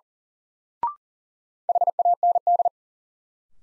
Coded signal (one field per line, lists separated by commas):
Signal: Morse code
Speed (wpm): 37 wpm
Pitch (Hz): 700 Hz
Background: none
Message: HAND